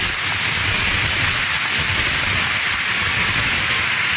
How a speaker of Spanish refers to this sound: Eso, de un aplauso, por favor.